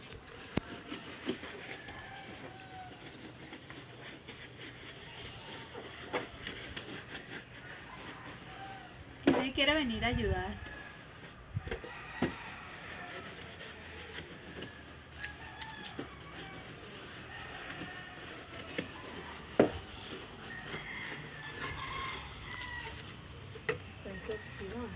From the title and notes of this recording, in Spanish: Aquí lavando la moto.